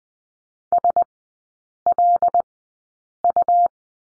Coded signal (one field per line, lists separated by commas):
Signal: Morse code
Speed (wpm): 20 wpm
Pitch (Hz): 700 Hz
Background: none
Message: SLU